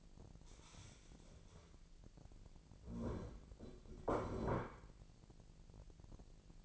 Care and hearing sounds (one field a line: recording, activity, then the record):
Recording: daily activity, microphone in the room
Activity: stand up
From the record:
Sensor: 5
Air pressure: 1002.1 hPa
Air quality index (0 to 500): 246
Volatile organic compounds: 30 ppm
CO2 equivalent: 2956 ppm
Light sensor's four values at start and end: 40/95/39/43 and 40/95/39/43